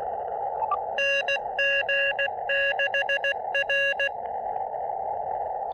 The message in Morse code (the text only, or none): NG6R